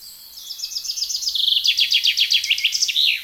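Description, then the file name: Chaffinch song phrase: rapid notes falling in steps into a loud trill, ending with a short flourish. "Fringilla coelebs"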